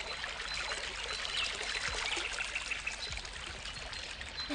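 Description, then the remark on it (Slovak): A small stream trickles and gurgles steadily, a continuous bright watery babble with soft splashes, no voices present. “Potôčik. Aspoň sa čistej vody napijem.”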